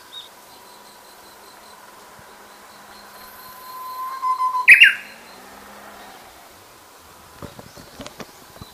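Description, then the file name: Japanese bush warbler singing one long, even whistled note held for several seconds, then a rapid upward-sweeping flourish, followed by scattered faint clicks. "uguisu"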